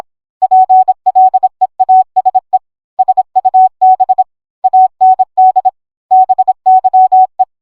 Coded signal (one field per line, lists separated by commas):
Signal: Morse code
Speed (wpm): 26 wpm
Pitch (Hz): 750 Hz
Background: none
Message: PLEASE SUB AND BYE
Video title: I SPEAK MORSE CODE TRANSLATE THIS #gorillatag #shorts #cool